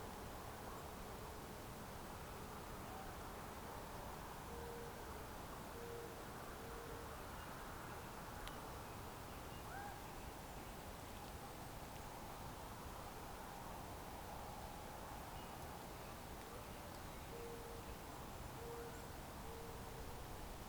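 A spring night soundscape from Ontario: a steady, dense wash of low rushing noise fills the whole clip without letup. Short faint tonal calls, perhaps an owl's hoots, appear around the sixth second and again near seventeen to nineteen seconds.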